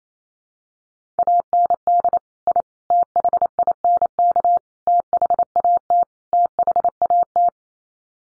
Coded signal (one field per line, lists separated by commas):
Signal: Morse code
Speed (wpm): 28 wpm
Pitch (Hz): 700 Hz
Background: none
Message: AND I THINK THAT THAT